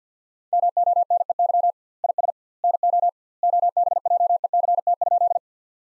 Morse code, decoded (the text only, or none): MONEY IS NO OBJECT?